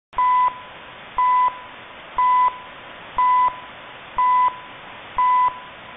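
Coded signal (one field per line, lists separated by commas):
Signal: radio time signal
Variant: CHU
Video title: Canadian CHU HF time signal at 7850 kHz in AM mode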